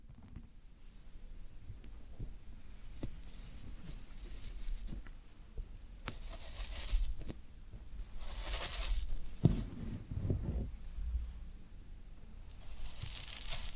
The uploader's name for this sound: Floral Foam Sounds